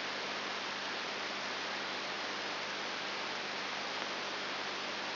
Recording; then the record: brain microelectrode recording played as sound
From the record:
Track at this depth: inside the subthalamic nucleus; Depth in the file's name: 3.501 mm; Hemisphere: left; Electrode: 3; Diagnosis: Parkinson's disease